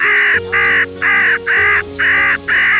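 Crow cawing loudly, six harsh, drawn-out caws in steady rhythm about every half second, over a constant low humming drone.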